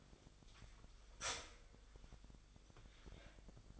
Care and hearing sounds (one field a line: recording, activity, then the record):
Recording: daily activity, microphone in the room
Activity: start toaster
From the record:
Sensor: 5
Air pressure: 1002.0 hPa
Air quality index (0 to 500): 206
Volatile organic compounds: 19 ppm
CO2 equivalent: 2668 ppm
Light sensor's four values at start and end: 33/108/41/44 and 33/108/41/44